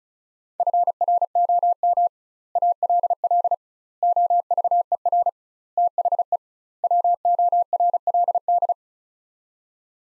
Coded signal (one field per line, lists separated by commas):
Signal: Morse code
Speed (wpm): 36 wpm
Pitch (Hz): 700 Hz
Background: none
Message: FROM ALL OVER THE WORLD